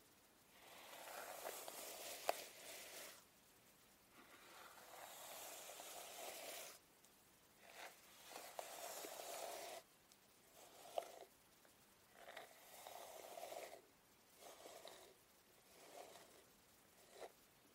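A hair straightener glides through hair in repeated swishing strokes, each a soft, airy hiss followed by a brief silence. The early strokes are long and slow; later ones turn shorter and quicker. Small clicks occasionally punctuate the strokes.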